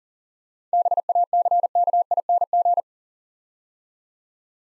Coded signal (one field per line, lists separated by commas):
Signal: Morse code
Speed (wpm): 41 wpm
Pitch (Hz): 700 Hz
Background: none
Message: BACKING